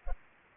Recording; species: mosquito wingbeat signal from an infrared sensor; Culex pipiens